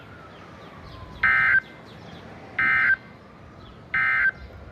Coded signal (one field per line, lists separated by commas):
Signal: Emergency Alert System (SAME) tones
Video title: EAS 357-362